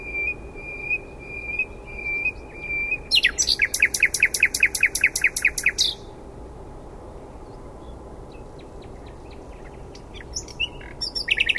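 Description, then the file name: Common nightingale song: a level whistled note repeated several times, then a loud, rapid rhythmic volley of notes, followed by scattered soft clicks and a new phrase. "Luscinia megarhynchos"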